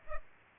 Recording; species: mosquito wingbeat signal from an infrared sensor; Culex pipiens